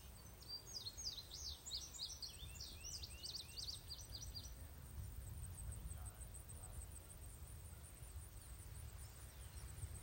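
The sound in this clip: Bird song as a quick jumble of high, descending chirps lasting about four seconds, over steady low rumble and a continuous high insect-like ticking.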